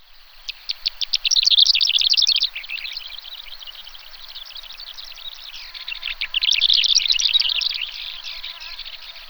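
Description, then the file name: Greater short-toed lark giving fast, scratchy twittering notes in a long jumbled run, easing off midway, then a second bright burst before fading. "Calandrella brachydactyla"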